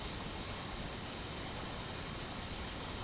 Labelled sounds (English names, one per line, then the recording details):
none
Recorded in dense forest near Puerto Asís, Putumayo, Colombia, on 12 March 2025 at 13:00
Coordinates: 0.467, -76.328
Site G041